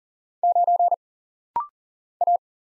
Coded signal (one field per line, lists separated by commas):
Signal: Morse code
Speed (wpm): 40 wpm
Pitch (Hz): 700 Hz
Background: none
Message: 9 A